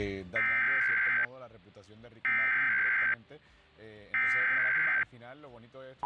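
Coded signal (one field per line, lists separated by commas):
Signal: Emergency Alert System (SAME) tones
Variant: header bursts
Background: speech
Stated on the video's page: Florida Required Monthly Test relayed by several Miami-area TV stations.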